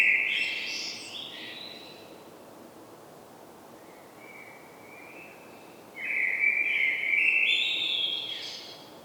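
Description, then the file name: Common blackbird singing repeated mellow fluted phrases with high twittering tails, a quieter phrase in the middle, over light background hiss. "Turdus merula"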